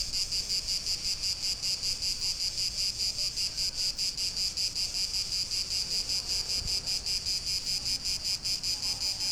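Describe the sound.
Cricket chirping: high, shrill pulsed chirps repeated steadily about two or three times a second throughout, with faint low background rumble.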